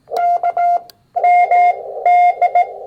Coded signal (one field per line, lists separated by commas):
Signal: Morse code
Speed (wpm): 18 wpm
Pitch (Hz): 700 Hz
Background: none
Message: K M D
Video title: Two #POTA activations using R1CBU on Xiegu X6100 and MFJ-1898 #hamRadio